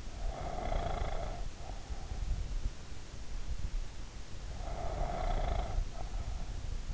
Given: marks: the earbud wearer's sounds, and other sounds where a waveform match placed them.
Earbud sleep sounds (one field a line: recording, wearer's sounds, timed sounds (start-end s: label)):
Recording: sounds in sleep by an in-ear microphone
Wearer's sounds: breath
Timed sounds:
0.04-2.37 s: breath
3.92-6.94 s: breath